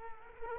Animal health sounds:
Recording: mosquito wingbeat signal from an infrared sensor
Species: Culex quinquefasciatus

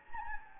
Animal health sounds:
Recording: mosquito wingbeat signal from an infrared sensor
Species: Anopheles gambiae

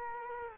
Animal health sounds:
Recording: mosquito wingbeat signal from an infrared sensor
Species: Culex quinquefasciatus

